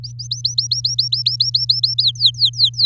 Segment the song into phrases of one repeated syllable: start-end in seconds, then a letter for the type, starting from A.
0.04-1.94 A, 1.98-2.85 B